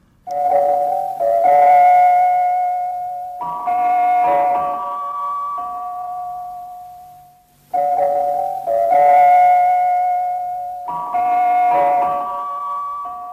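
The very first interval signal of Polish Radio, used 1935–1939: a short melody of sustained, bell-like chiming notes with a soft flute-like tone, played clearly and then repeated once, with no talking.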